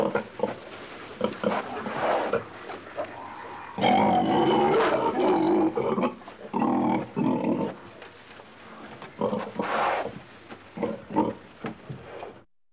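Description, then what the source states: Pig grunting in an irregular series, short snorts mixed with a few longer, louder rasping grunts. Pig grunting in a pen.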